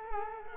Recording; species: mosquito wingbeat signal from an infrared sensor; Culex quinquefasciatus